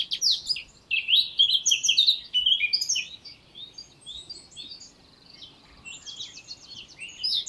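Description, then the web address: Eurasian blackcap singing a loud, rich warble for about three seconds, then softer twittering and a fast run of repeated notes before a last bright note. "SETE data Sylvia atricapilla"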